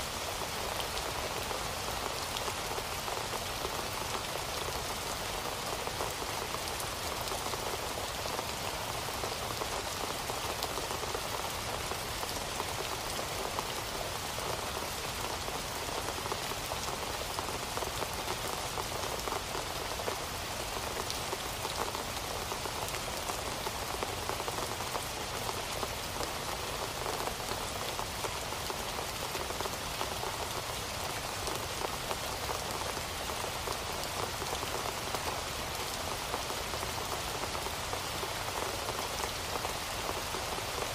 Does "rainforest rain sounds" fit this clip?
yes